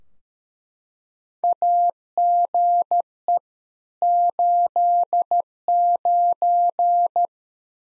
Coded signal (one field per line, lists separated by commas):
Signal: Morse code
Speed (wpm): 13 wpm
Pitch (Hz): 700 Hz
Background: none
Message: AGE 89